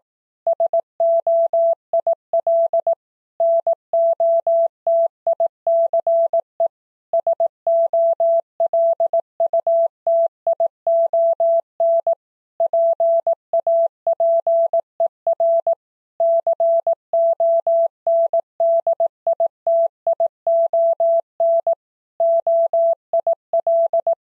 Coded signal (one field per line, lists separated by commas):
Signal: Morse code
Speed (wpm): 18 wpm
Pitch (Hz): 670 Hz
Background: none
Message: SOIL NOTICE SOLUTION PAPER CONDITION OIL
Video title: Morse Code: words at 18wpm